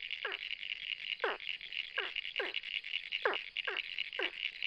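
Ornate burrowing frog producing short descending notes spaced irregularly, set against an unbroken high-pitched droning chorus.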